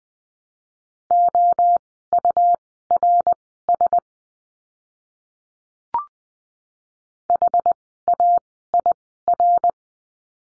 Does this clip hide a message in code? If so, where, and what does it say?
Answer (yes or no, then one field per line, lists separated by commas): yes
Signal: Morse code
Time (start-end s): 1.1-9.7 s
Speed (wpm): 20 wpm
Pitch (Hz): 700 Hz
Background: none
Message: OURS HAIR